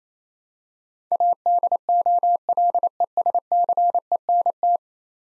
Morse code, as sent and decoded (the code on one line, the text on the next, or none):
.- -.. --- .-.. . ... -.-. . -. -
ADOLESCENT